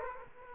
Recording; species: mosquito wingbeat signal from an infrared sensor; Aedes aegypti